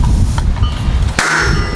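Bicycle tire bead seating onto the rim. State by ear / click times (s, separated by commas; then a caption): seated / 1.2 s. A rear mountain bike tire is inflated for a tubeless setup, with steady broadband noise and two small ticks near the start. At 1.2 s a loud, sharp pop marks the rubber bead snapping up onto the rim's bead seat, followed by a ringing tone. The bead is seated.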